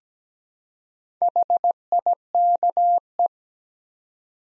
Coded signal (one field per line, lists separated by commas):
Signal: Morse code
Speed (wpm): 17 wpm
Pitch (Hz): 700 Hz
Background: none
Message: HIKE